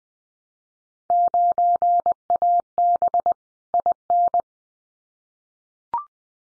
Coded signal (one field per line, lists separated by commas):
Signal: Morse code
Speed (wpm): 19 wpm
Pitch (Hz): 700 Hz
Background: none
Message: 9AB IN